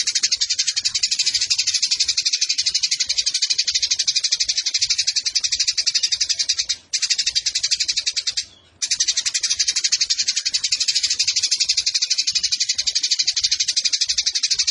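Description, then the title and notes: Eurasian tree sparrow pouring out a long, dense chatter of quick sharp notes, nearly continuous apart from two short breaks. Fighting-style sparrow with long 'nembak panjang' shooting chatter and clear voice, used as a tutor recording for birds entered in song competitions. "GEREJA TARUNG NEMBAK PANJANG SUARA JERNIH MASTERAN WAJIB BURUNG LOMBA. Burung Gereja"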